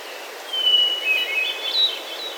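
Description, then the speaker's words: Hermit Thrush song phrase, a long pure whistle leading into quick ethereal fluty notes at varied pitches, with soft background hiss. High in the Sierra Nevada, Central California; singing in the shade of mature conifers. "While hiking there recently with friends, we came across the hauntingly beautiful phrasings of a hermit thrush singing in the shade of some mature conifers."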